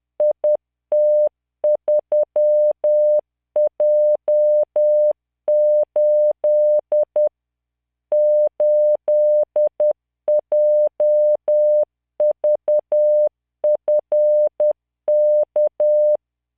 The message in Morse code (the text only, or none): IT3J8 8JVFK